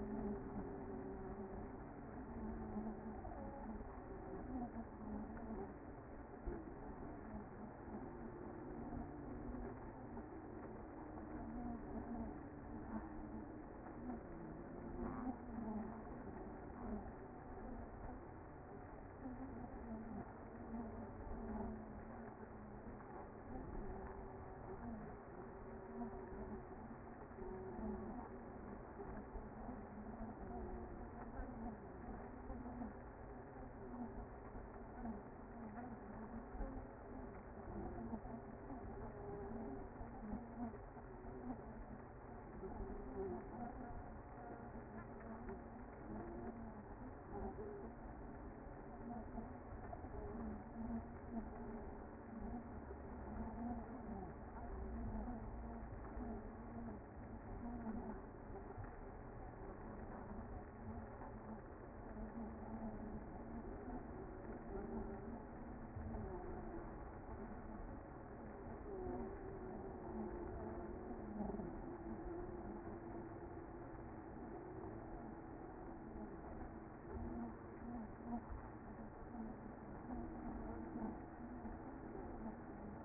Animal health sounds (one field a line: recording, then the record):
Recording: honeybee colony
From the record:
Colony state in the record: active